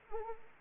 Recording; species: mosquito wingbeat signal from an infrared sensor; Anopheles arabiensis